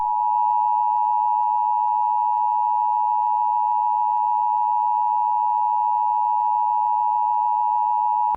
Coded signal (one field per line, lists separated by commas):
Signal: Emergency Alert System (SAME) tones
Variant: 853 and 960 Hz attention tone